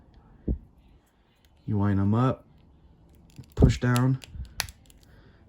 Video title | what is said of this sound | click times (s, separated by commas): ShFiguarts- A Sayian Raised On Earth Son Goku *Late post* (Review & Unboxing) | till you hear a pop and it should be should be right in there snug | 4.6 s